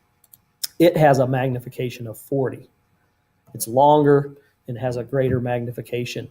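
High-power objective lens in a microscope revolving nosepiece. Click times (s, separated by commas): 0.6 s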